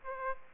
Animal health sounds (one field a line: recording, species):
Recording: mosquito wingbeat signal from an infrared sensor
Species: Aedes aegypti